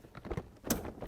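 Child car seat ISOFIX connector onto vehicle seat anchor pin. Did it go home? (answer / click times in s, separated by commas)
yes / 0.7 s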